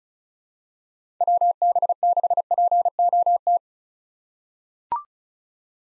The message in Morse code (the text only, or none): WB6POT